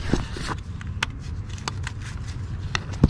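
A new engine coolant temperature sensor is pushed by hand into its housing on the engine of a 2014–2021 Mazda 6. Sharp snaps are heard at 1.0 s and 2.8 s over low background rumble and a few fainter ticks. The sensor is confirmed seated in the housing.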